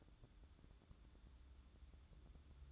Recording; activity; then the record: daily activity, microphone in the room; light on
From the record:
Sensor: 3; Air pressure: 1007.9 hPa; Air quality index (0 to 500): 85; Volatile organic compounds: 1 ppm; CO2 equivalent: 723 ppm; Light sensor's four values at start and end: 11/26/11/11 and 18/50/21/19